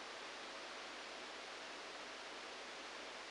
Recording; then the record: brain microelectrode recording played as sound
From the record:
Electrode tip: outside the subthalamic nucleus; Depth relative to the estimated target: -2 mm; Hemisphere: right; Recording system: NeuroSet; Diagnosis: Parkinson's disease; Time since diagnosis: 9 years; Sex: male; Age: 56 years